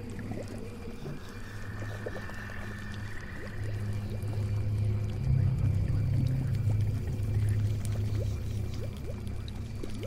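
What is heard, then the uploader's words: A murky swamp house ambience built on a low, humming drone that swells louder through the middle seconds before easing off. Scattered short chirps and wet blips pop up throughout, and a faint, thin whine drifts in near the start. Witch's swamp house ambience.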